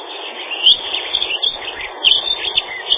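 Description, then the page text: Dunnock, squeaky jangling song notes in two main bursts around 0.7 and 2.1 seconds, with faint scratchy notes between and steady hiss. "Лесная завирушка — Prunella modularis"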